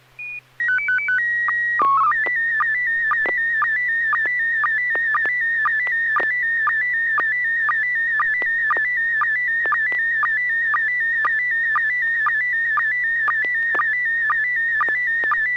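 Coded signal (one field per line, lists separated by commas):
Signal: SSTV (slow-scan television)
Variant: PD 120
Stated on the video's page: SSTV net on an FM repeater on 441.300 MHz in Sacramento, sent with MMSSTV.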